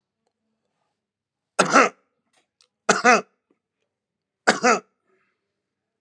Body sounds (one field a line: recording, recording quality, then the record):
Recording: heavy voluntary cough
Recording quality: poor, much background noise or distortion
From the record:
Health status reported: recovered from COVID-19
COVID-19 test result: positive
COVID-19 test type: RT-PCR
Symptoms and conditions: diabetes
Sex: male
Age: 56 years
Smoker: yes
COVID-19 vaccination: both doses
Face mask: worn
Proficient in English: yes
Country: India